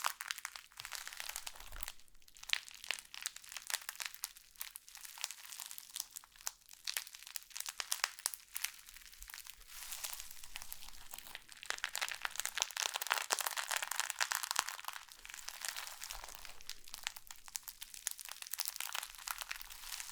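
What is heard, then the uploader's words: Slime being squished and handled, producing a dense, continuous stream of crisp crackles and wet pops with almost no low end. The clicking never stops, coming in rapid irregular bursts that thicken around the middle. Satisfying ASMR Slime To Cause Your Tingles ~No Talking.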